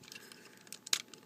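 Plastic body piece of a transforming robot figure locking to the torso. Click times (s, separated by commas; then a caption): 0.9 s. A plastic body piece of a Takara-Tomy MP-10 Masterpiece Convoy (Second Version) transforming robot figure is brought around and locked to the torso. Faint plastic ticks and handling noises lead up to a sharp click at 0.9 s as the piece locks into place.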